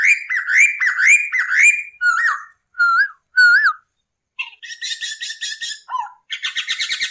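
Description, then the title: Masked laughingthrush with a string of rising whistles, then short wavy notes, then fast buzzy chattering phrases. Hong Kong poksay; a master tutoring recording for training cage birds, the bird singing in lively 'gacor' style. "SUARA BURUNG POKSAY HONGKONG GACOR"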